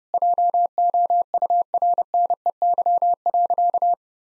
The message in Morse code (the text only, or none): JOURNEY.